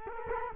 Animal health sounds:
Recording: mosquito wingbeat signal from an infrared sensor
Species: Culex quinquefasciatus

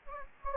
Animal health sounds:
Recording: mosquito wingbeat signal from an infrared sensor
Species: Anopheles gambiae

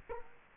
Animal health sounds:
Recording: mosquito wingbeat signal from an infrared sensor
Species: Culex quinquefasciatus

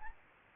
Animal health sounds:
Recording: mosquito wingbeat signal from an infrared sensor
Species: Anopheles gambiae

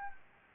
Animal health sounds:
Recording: mosquito wingbeat signal from an infrared sensor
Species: Anopheles gambiae

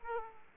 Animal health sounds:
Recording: mosquito wingbeat signal from an infrared sensor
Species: Aedes aegypti

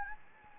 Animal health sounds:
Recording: mosquito wingbeat signal from an infrared sensor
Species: Anopheles gambiae

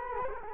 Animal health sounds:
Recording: mosquito wingbeat signal from an infrared sensor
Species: Culex quinquefasciatus

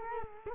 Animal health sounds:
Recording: mosquito wingbeat signal from an infrared sensor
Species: Culex quinquefasciatus

